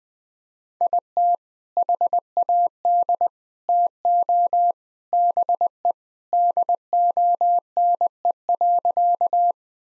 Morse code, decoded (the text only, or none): IT HAD TO BE DONE.